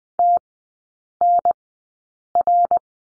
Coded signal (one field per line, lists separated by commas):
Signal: Morse code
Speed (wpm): 19 wpm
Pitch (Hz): 700 Hz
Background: none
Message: TNR